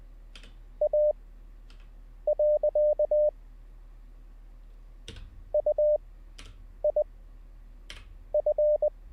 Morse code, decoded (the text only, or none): A.UIF